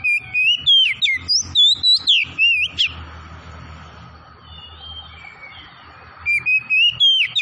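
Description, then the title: Oriental magpie-robin song, fast varied whistles and sharp upswept notes, pausing midway with hum behind, then resuming. Tretes variety, singing vigorously (gacor). "Kacer Tretes Gacor"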